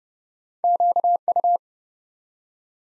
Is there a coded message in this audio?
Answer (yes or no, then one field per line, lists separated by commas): yes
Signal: Morse code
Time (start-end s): 0.6-1.6 s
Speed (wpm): 30 wpm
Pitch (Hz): 700 Hz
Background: none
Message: QU